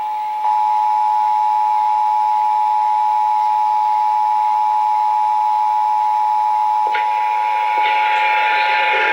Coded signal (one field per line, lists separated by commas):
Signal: Emergency Alert System (SAME) tones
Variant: 853 and 960 Hz attention tone